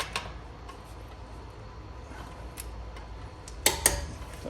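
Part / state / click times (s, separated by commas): torque wrench on wheel lug nut / torque reached / 3.7 s, 3.9 s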